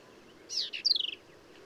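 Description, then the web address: Black-capped vireo song: one quick high phrase of slurred, buzzy notes dropping in pitch, ending in a short rapid chatter. "birdsongforthecurious Black-capped Vireo"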